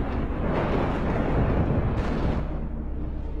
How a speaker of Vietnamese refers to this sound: Chừng như được một giấc thì có tiếng sấm nổ đánh đùng một cái, làm cho Huy rùng mình tỉnh hẳn.